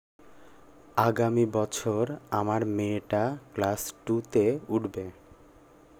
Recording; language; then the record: elicited speech; Bengali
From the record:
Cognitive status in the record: cognitively healthy